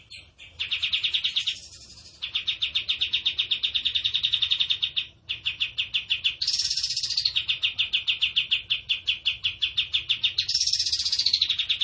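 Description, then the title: Tembakan bird song: long, fast, even trills with brief gaps, broken by short higher buzzy bursts at intervals. Captive cage bird singing in the lively, chatty 'gacor' style; master song for training cage birds. "Masteran Burung Tembakan Gacor"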